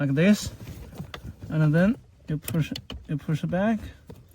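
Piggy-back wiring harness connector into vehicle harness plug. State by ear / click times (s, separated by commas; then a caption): not seated / none. A piggy-back wiring harness connector for a RedArc Towpro brake controller is handled as it is pushed back toward the vehicle harness plug on a 2025+ Toyota Land Cruiser 300 GX/GXL, while someone talks throughout. A few brief, faint handling taps are heard, but nothing has seated or clicked yet.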